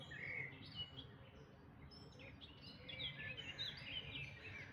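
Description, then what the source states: Birds in chorus, many overlapping high chirps, trills and whistled phrases from several singers, busiest toward the end, with a low background rumble. Dawn chorus recorded in May 2026.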